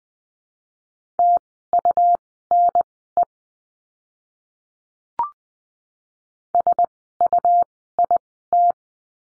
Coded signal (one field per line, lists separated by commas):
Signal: Morse code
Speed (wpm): 20 wpm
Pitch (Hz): 700 Hz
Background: none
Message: TUNE SUIT